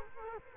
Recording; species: mosquito wingbeat signal from an infrared sensor; Culex quinquefasciatus